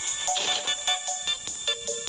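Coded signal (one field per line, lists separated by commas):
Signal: none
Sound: jingle tones in music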